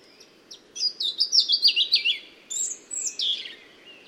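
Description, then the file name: European robin singing a quick series of high descending warbled notes, then a brief pause and a second sweeping phrase of thin whistles. "Erithacus rubecula"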